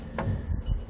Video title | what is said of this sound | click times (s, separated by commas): Datacard 150i Replacing Wheel home sensor | it's just gonna slide back in you'll hear an audible click and that | 0.2 s